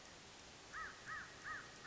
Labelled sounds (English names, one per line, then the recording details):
American Crow
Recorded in Sonoma County, California